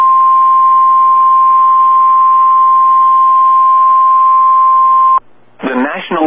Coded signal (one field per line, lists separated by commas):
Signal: Emergency Alert System (SAME) tones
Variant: 1050 Hz attention tone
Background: speech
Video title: Double Header From Norman EAS #127-128